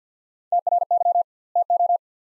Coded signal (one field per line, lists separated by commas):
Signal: Morse code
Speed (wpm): 50 wpm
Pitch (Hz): 700 Hz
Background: none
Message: TRY TO